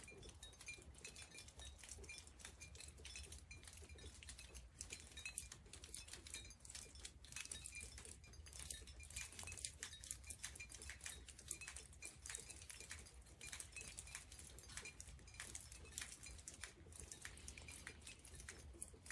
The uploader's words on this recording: You're listening to the sound of rain dripping off a metal roof onto wine bottles nestled in the grass. Differently shaped, all the bottles are blue. Rain Song on Wine Bottles.